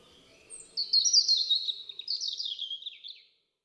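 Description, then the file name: European robin song: after a brief pause, two rippling bursts of fast, high, glittering notes, the second descending slightly before the sound cuts off. "Rudzik"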